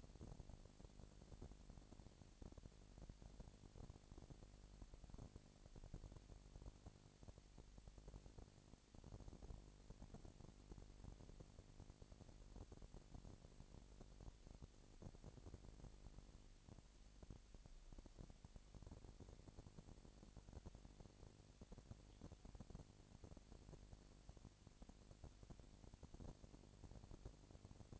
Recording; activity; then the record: daily activity, microphone in the room; no activity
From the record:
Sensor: 5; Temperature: 20.1 degrees Celsius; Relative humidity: 38.2%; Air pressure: 998.9 hPa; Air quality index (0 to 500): 218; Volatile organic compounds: 24 ppm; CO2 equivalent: 2811 ppm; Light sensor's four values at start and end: 2/3/1/1 and 2/3/1/1